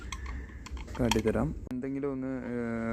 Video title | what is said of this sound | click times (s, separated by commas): single touch 3 type of vegetable cleaner | ഇങ്ങനെ പിടിച്ചിട്ട് just click ചെയ്തിട്ട് അമർത്തി പിടിച്ച് കയറ്റി കഴിഞ്ഞാൽ ലോക്ക്ഡ് ആവും. | 0.1 s